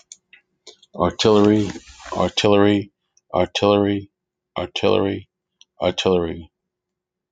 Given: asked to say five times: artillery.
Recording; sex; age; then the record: repeated word; male; 50 to 59 years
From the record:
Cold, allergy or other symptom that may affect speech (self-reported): no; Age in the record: 55 years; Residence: Florida, United States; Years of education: 14